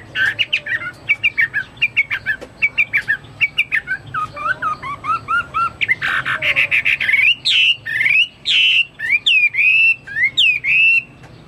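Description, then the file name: Chinese hwamei singing rapid repeated chirps that build into harsh buzzes and then long looping, sliding whistles. "omkicau hwamei"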